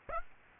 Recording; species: mosquito wingbeat signal from an infrared sensor; Aedes aegypti